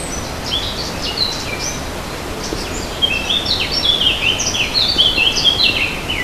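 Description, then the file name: Warbler song, thin high notes early, then a brisk continuous scratchy warble from three seconds onward, above a background of steady hiss. "fauvette"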